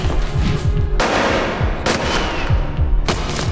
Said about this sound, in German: Einer der Schüsse war neben mir in die Bank eingeschlagen.